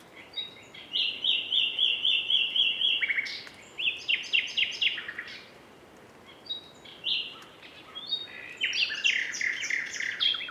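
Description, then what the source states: Common nightingales singing: phrases of rapid repeated notes and trills in loud bursts separated by short pauses. Several nightingales singing together, recorded in quadraphonic sound.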